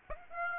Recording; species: mosquito wingbeat signal from an infrared sensor; Aedes aegypti